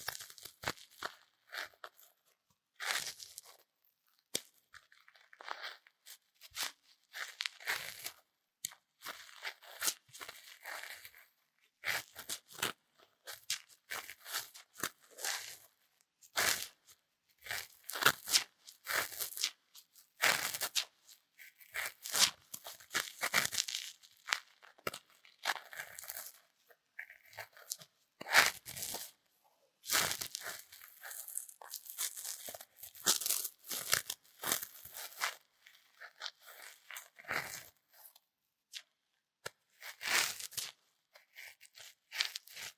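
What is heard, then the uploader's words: Ear cleaning: dense crackling, crinkling scratches come in quick bursts over the whole 43 seconds, bright and papery with little low end. The rubbing stops and starts irregularly, with short silent gaps between clusters and louder stretches around the middle and near the end. 台灣ASMR | 掏穿你的耳朵 | 耳掃除 | Ear Cleaning | NO Talking.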